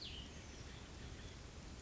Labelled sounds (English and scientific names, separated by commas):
Cassin's Vireo (Vireo cassinii)